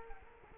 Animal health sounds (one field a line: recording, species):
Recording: mosquito wingbeat signal from an infrared sensor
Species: Culex quinquefasciatus